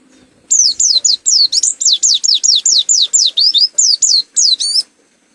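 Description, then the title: White-eye singing a quick series of high, sweet downslurred notes, steady at around four a second, with a few twisting upward notes near the end. Macok song style; endemic to Malang, East Java. "Burung Pleci Macok Endemik Jatim Malang"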